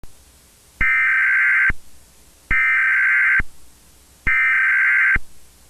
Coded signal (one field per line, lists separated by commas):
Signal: Emergency Alert System (SAME) tones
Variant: header bursts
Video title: EAS Scenario | Red Trollface (#108)